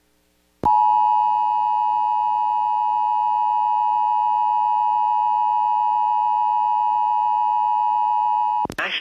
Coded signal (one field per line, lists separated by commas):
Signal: Emergency Alert System (SAME) tones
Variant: 853 and 960 Hz attention tone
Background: speech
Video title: EAS PDS Tornado Warning Blytheville, Arkansas and NW Tennessee (Large Tornado!) NOAA Weather Radio